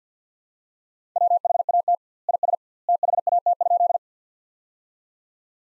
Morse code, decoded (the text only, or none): WHAT IS THAT?